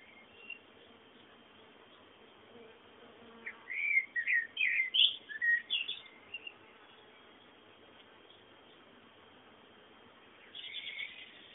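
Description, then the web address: Bird song, a short burst of bright twittering notes in the middle, surrounded by long quiet stretches, with a faint chirp near the start and a softer burst near the end. Bird sounds meant as background ambience. "sounds fondo pajaros"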